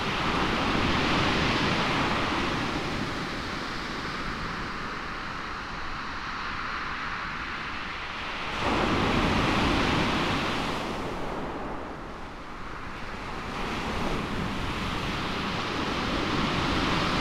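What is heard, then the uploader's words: Heavy waves wash over a stony shore in a dense, continuous roar, with deep rumbling as stones are dragged back. The surge swells at the start, again around nine seconds and near fourteen, while gusts of onshore wind buffet the microphone underneath. You feel that between the to and fro of the crashing waves, there is a kind of softness to Chesil Beach. We heard its heavy waves. The way the stones are heaved back, in long, ground rumbling sweeps.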